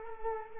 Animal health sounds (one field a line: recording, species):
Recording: mosquito wingbeat signal from an infrared sensor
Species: Culex quinquefasciatus